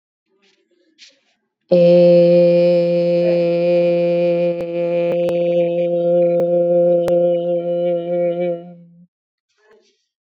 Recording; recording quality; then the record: sustained vowel as in made; excellent, no background noise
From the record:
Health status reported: exposed to COVID-19, no respiratory illness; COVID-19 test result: negative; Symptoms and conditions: cough, cold, fever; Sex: female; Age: 24 years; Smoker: not ticked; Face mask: not worn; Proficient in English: yes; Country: India